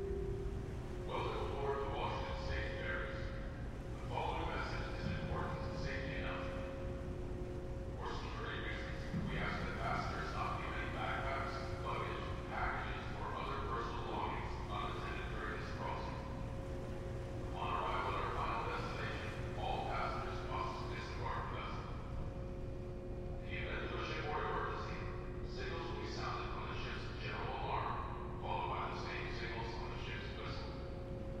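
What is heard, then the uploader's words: Aboard the Seattle-Bainbridge Island ferry, a man's voice talks in bursts with short pauses, over a steady low engine rumble that never lets up. A faint constant tone hums underneath throughout, and the overall level stays even for the whole half minute. Seattle Inbound Rear Passenger Deck Board And Launch Stereo. Round-trips on the Seattle-Bainbridge Island Ferry.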